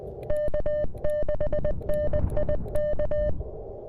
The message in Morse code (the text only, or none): K6NIK